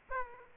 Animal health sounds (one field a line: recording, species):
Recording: mosquito wingbeat signal from an infrared sensor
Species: Aedes aegypti